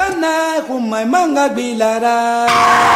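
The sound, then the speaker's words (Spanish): A car's tires give a long, wavering screech that slides up and down in pitch for a couple of seconds, then cuts off into a sudden loud burst of crashing noise as the car is hit. “Le puse la señal, me rompió el carro, hermano.”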